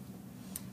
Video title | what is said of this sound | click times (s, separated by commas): Enteral tube feeding | and I need to stretch the circular area into place and you will hear it pop in place and then I just need to push my tubing into the groove | 0.6 s